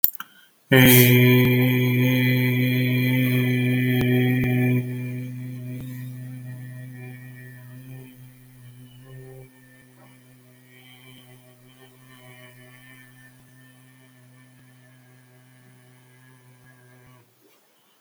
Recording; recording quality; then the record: sustained vowel as in made; excellent, no background noise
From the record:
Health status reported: exposed to COVID-19, no respiratory illness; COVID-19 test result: not tested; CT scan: not taken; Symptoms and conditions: none ticked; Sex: male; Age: 42 years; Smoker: no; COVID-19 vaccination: none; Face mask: not worn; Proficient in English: yes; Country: India